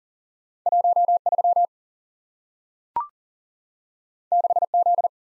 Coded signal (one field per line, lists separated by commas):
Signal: Morse code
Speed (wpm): 41 wpm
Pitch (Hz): 700 Hz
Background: none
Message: 13 6Z